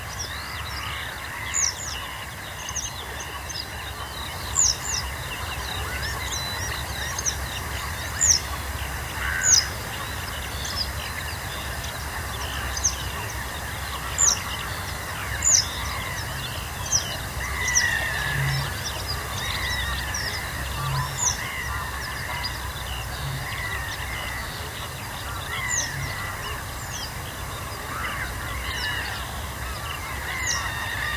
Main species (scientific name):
Motacilla flava